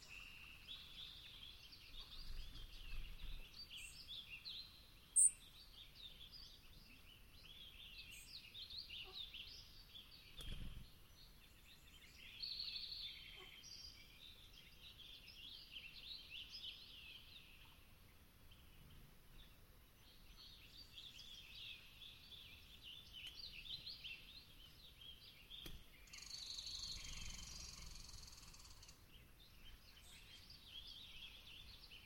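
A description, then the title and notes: A dawn swamp chorus: a dense, continuous shimmer of high bird and insect calls rises and falls in waves across the whole stretch. Sharp clicks punctuate it around five and ten seconds, a brighter burst of calls stands out near twenty-six seconds, and a soft low rumble underlies everything. Long Swamp, Dawn. I've fallen in love with the mountains of the Okanogan.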